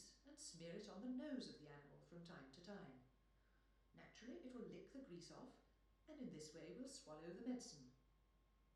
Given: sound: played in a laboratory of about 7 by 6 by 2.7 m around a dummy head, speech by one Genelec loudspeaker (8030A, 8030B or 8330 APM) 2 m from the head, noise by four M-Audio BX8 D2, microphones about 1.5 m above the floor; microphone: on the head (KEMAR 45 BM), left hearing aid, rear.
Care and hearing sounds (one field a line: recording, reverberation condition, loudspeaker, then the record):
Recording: female speech in English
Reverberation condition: medium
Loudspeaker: 150 degrees to the right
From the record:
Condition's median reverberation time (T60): about 510 ms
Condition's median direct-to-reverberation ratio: about -0.5 dB